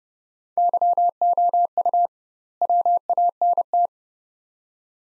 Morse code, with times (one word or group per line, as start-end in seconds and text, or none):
0.6-2.1 YOU
2.6-3.9 WANT